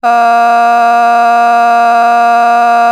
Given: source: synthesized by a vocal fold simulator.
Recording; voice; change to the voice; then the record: sustained vowel; female; a random mix of aspiration noise, stiffness perturbation and strain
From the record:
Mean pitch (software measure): 235 Hz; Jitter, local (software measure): 0.69%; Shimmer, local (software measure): 3.6%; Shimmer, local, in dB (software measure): 0.31 dB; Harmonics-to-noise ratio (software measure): 22.5 dB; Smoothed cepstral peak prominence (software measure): 19.7 dB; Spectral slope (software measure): -18.0 dB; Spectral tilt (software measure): -8.1 dB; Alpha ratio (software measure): -8.4 dB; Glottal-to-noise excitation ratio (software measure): 0.981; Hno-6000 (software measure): 1.9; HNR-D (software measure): 40.5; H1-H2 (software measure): -2.1 dB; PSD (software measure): 3.8e-05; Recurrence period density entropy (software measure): 0.117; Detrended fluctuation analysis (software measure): 0.0106